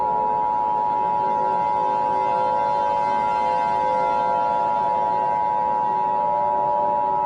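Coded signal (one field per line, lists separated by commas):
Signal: Emergency Alert System (SAME) tones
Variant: 853 and 960 Hz attention tone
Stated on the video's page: Short fictional alert scenario built from text-to-speech and edited sounds.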